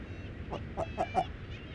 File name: Atlantic Great Cormorant Territory Call Of Presumed Female